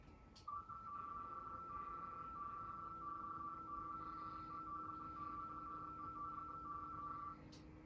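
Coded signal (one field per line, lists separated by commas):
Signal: RTTY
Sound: rapid warbling between two close pitched tones, steady for about seven seconds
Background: low hum, room noise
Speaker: and we'll send a reply to that again still on the dummy load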